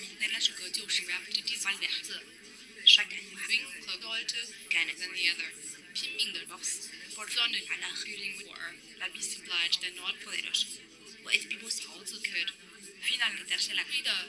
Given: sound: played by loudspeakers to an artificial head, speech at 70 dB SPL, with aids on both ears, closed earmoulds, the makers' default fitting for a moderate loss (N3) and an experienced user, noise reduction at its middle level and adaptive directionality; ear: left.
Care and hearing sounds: speech test signal (ISTS) in cocktail-party noise; -3 dB; in front (0 degrees)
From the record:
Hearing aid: class 2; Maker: J

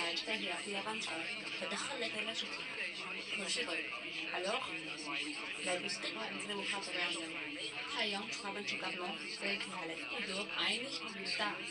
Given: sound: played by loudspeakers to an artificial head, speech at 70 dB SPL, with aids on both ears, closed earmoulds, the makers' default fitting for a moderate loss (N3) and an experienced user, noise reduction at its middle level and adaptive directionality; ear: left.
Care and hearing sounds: speech test signal (ISTS) in cocktail-party noise; +3 dB; on the right (90 degrees)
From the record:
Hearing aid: class 2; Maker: C

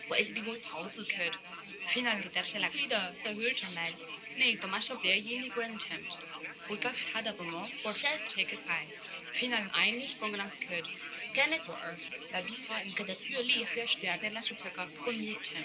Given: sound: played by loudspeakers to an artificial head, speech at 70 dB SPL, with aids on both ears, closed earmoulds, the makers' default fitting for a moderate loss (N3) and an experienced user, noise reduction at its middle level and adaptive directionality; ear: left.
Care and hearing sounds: speech test signal (ISTS) in cocktail-party noise; 0 dB; in front (0 degrees)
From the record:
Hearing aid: class 2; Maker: I

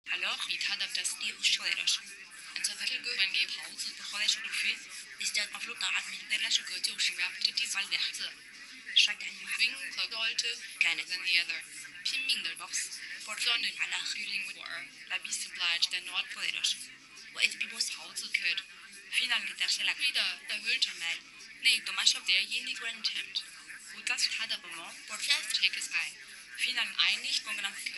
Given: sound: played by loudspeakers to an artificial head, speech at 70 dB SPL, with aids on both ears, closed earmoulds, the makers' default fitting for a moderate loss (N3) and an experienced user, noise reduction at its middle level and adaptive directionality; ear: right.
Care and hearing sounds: speech test signal (ISTS) in cocktail-party noise; 0 dB; in front (0 degrees)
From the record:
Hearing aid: class 2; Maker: H

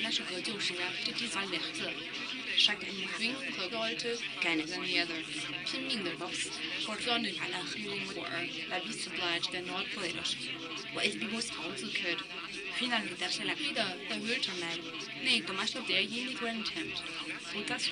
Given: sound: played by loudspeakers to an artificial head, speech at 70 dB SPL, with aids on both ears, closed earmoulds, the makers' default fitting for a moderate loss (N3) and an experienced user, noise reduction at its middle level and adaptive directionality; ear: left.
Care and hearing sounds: speech test signal (ISTS) in cocktail-party noise; +3 dB; in front (0 degrees)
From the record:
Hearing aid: class 2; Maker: D

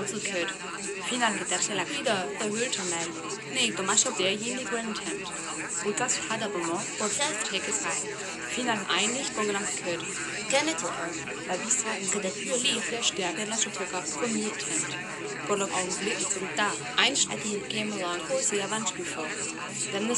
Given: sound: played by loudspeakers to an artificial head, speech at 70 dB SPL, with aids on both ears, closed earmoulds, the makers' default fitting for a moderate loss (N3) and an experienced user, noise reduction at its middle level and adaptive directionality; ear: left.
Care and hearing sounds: speech test signal (ISTS) in cocktail-party noise; -6 dB; in front (0 degrees)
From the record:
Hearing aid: class 2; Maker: E

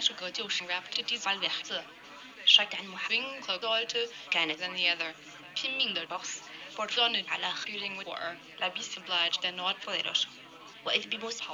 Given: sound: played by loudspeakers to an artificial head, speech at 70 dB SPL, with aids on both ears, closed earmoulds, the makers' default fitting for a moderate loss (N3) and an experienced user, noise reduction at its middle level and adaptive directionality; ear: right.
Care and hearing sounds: speech test signal (ISTS) in cocktail-party noise; +6 dB; on the right (90 degrees)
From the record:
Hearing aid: class 1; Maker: G

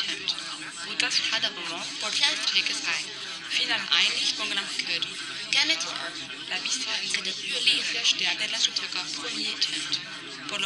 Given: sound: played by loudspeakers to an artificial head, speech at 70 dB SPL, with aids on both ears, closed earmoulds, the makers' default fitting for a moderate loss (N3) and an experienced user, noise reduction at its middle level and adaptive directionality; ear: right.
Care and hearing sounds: speech test signal (ISTS) in cocktail-party noise; -3 dB; on the right (90 degrees)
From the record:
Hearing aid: class 1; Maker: B

